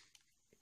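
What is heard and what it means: During transformation of a Cloud 9 W-01 Quakeblast (aka Shockwave) Transformers robot toy, a folded part is positioned and pressed into the robot body. A short, sharp click at 0.15 s marks the part clipping into place, and it holds very well.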